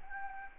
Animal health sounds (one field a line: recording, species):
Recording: mosquito wingbeat signal from an infrared sensor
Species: Anopheles gambiae